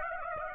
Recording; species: mosquito wingbeat signal from an infrared sensor; Aedes aegypti